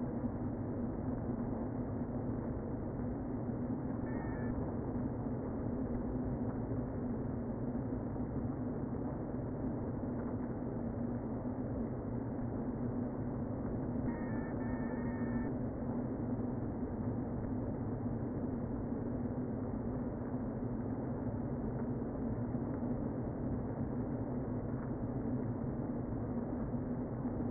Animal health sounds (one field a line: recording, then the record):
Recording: honeybee colony, microphone inside the hive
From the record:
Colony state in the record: queen present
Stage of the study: before two queens were removed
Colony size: about 60,000 bees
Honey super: yes